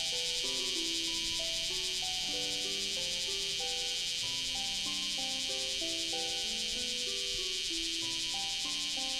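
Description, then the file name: Cicada droning in a steady, dense high-pitched buzz, while a melody of low tones moves below it. A single cicada. "セミ-単体"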